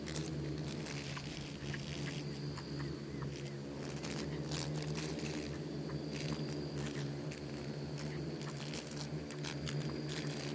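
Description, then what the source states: Swarming insects produce an even low drone, peppered with many short clicks and ticks, with a faint high whine coming and going. Bugs and beetles swarming in the Namib desert; a desert seeming quiet at first listen but full of soundscapes and micro-sounds.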